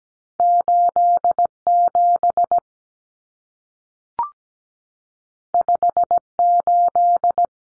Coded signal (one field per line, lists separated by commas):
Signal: Morse code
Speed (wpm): 17 wpm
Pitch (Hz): 700 Hz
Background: none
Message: 87 58